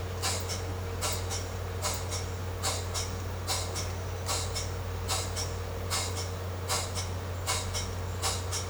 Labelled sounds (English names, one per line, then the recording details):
none
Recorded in secondary vegetation near Puerto Asís, Putumayo, Colombia, on 19 March 2025 at 13:00
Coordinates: 0.468, -76.324
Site G059